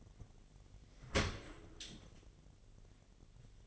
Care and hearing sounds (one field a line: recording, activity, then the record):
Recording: daily activity, microphone in the room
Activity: open dishwasher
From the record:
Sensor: 4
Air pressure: 1007.5 hPa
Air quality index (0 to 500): 200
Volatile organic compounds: 7 ppm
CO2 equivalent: 1994 ppm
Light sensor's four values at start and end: 22/70/27/26 and 22/70/27/26